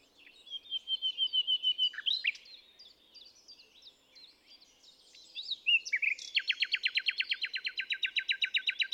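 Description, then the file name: Common nightingale song: a rhythmic run of repeated notes, then quieter varied notes, then a long fast series of loud repeated chirps. "Luscinia megarhynchos"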